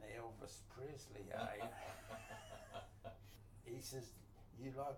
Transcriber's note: chuckles